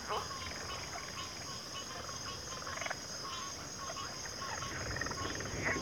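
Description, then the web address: A high continuous cricket trill fills the background as rapid pulsed calls and occasional squeaky notes from other animals come and go. Chorus of crickets in a backwater, from a nature sleep-sounds collection. "WLL Grade 1-12 Pre-Uni Library Enter Natures Songs Sleep Sounds of Nature CRICKETS Backwater Chorus"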